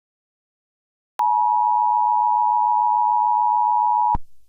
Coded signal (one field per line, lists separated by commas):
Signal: Emergency Alert System (SAME) tones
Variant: 853 and 960 Hz attention tone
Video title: EAS Christmas Special: The Christmas Revolution